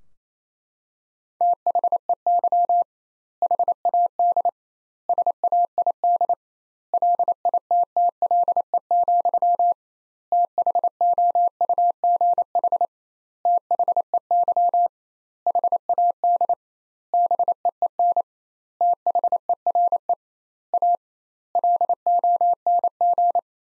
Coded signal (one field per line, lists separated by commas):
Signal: Morse code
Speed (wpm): 28 wpm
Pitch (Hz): 700 Hz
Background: none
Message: THEY HAD SAID LITTLE, THOUGH THEY HAD BEEN THERE A LONG